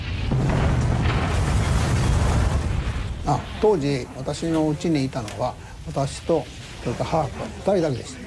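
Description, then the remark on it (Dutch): An atomic bomb dropped on a city explodes with a loud, deep, rumbling blast for about three seconds, then cuts off as a person begins speaking. “Het is de eerste keer in de geschiedenis dat dit allesvernietigende wapen wordt ingezet.”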